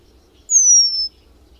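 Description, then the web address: Eurasian penduline tit, a single thin high-pitched whistle that slides gently downward over about half a second, otherwise quiet. "agykontroll Madardalok Cd 3. Függőcinege"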